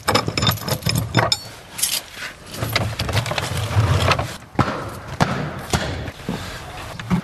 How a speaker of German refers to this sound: schließt die Tür zur Russenküche auf.